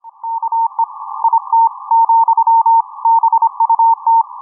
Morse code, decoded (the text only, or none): UE IT, BUT